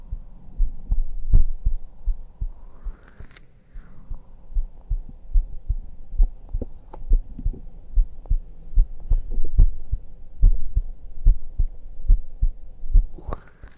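A steady heartbeat in an ASMR recording made with a black 3Dio binaural microphone, thumping low and muffled, each beat a soft double pulse repeating at a regular, fairly quick rhythm, with a faint hum underneath and occasional brief rustles.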